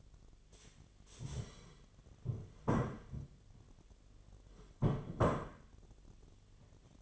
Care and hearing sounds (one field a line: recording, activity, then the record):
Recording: daily activity, microphone in the room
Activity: stand up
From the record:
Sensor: 4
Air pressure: 1008.7 hPa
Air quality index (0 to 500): 170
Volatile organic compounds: 5 ppm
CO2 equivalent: 1710 ppm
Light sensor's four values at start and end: 23/72/27/26 and 23/72/27/26